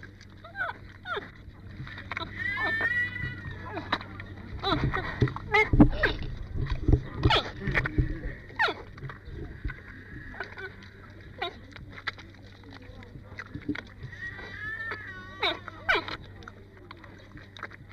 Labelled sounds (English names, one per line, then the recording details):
Giant Panda call
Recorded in captivity
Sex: female
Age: adult
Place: Tierpark Berlin, Berlin, DE
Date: 1958-08-21
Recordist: Tembrock, Günter